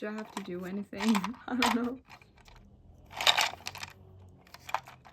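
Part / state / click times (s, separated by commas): plastic seashell lid on a toy mermaid shop playset / not seated / none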